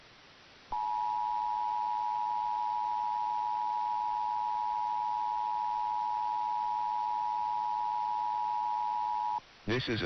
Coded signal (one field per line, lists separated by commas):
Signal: Emergency Alert System (SAME) tones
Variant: 853 and 960 Hz attention tone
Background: speech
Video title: PREPARING FOR THE HOLIDAYS... EAS Tests from November 2022 (EAS #1,708 - 1,760)